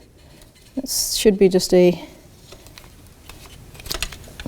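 A plastic clip is handled while being transferred onto a new power window regulator for a 1983-2001 Jeep Cherokee, but nothing has seated or clicked yet. Someone talks, and there are light handling taps and small knocks near the end.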